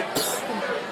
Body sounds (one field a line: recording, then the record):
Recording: coughing mixed with background sound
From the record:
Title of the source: 30 Chesty and wet cough